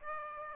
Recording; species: mosquito wingbeat signal from an infrared sensor; Aedes aegypti